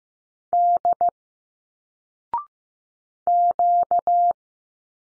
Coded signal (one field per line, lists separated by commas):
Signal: Morse code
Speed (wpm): 15 wpm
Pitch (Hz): 700 Hz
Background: none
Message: D Q